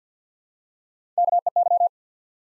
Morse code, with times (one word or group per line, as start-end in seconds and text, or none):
1.2-1.4 K
1.5-1.5 E
1.6-1.9 Y